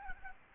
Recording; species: mosquito wingbeat signal from an infrared sensor; Aedes albopictus